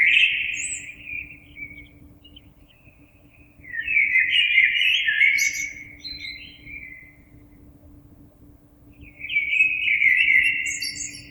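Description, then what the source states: Common blackbird delivering three mellow, flute-like warbled phrases spaced by pauses of a few seconds, some ending in brief high squeaks, over a constant faint hum. Recorded 26 April 2022.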